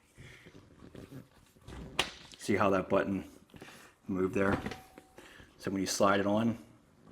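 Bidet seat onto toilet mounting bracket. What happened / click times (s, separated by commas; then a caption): Handled, not yet home: plastic seat being slid toward its mounting bracket, no latch yet / none. A Fluidmaster plastic bidet toilet seat is being handled and slid toward its mounting bracket on the toilet while someone talks. A few short knocks of handling are heard around 2.0 s and 5.0 s. Nothing has seated or clicked yet.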